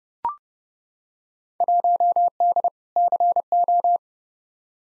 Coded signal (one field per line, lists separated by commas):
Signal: Morse code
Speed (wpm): 29 wpm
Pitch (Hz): 700 Hz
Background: none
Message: 1D CO